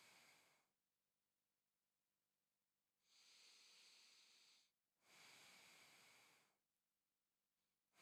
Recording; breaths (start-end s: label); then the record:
nose breathing near a microphone
0.00-0.69 s: exhalation
2.89-4.79 s: inhalation
4.79-6.64 s: exhalation
7.74-8.02 s: exhalation
From the record:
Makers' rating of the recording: medium